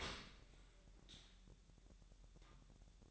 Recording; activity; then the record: daily activity, microphone in the room; open dishwasher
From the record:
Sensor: 3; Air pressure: 1000.5 hPa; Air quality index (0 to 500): 248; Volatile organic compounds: 172 ppm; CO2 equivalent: 4112 ppm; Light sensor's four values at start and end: 10/25/10/10 and 10/25/10/10